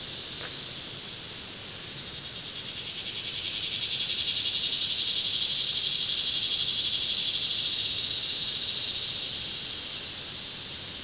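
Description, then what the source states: Insect chorus, a dense steady high-pitched trilling hiss that swells louder toward the middle and eases slightly at the end. Summer; swelling insect chorus; Ferne Cliff.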